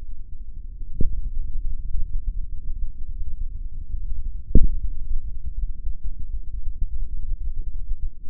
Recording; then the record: forearm muscle sounds (acoustic myography)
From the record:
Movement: hand opening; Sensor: system 3, bracelet of six PUI Audio POM-2738L microphones around the upper forearm, with dedicated amplification and filtering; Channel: 6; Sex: male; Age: 56 years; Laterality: right